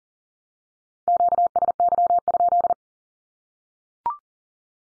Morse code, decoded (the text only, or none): QSY?